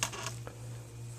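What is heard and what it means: A fuel injector is pushed down into its cleaning adapter on a cleaning setup, giving a sharp click at 0.0 s, followed by a fainter tap at 0.5 s over a steady low hum. The injector has taken its first click but is not fully home yet, with one more click still needed.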